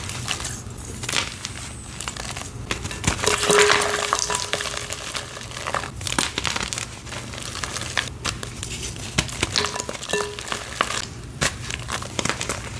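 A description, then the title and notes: Wet gym chalk paste being mixed and crushed, with dense crinkly squelches, sharp crackling bursts near 4 and 12 seconds, and a low hum beneath. Soft BSN Gym Chalk Water Crushes. Some soft BSN water crushes, Ader crush + mixing paste and mudpie results crushed at the end.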